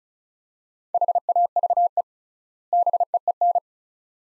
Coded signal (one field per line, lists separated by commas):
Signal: Morse code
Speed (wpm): 34 wpm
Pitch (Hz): 700 Hz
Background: none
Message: HAVE BEEN